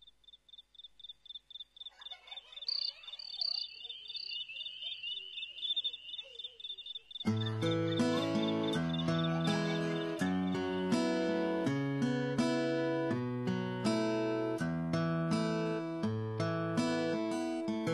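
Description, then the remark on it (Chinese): Crickets chirp in a steady, rapid high-pitched pulse in the intro of a song mixing hip-hop and folk, alone at first with faint soft tones beneath, until full music with bass and melody enters and continues over the chirping. “而且在歌曲当中呢，他还将嘻哈与民谣两种音乐的风格呢相混合，甚至在前奏当中加入了非常清新的让我们有一些夏日感觉的蟋蟀的声音，给人感觉非常特别。”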